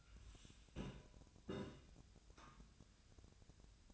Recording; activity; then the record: daily activity, microphone in the room; take from stove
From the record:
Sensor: 2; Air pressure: 1009.8 hPa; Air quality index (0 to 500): 180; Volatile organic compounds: 10 ppm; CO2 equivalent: 2253 ppm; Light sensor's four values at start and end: 32/78/33/37 and 32/79/34/37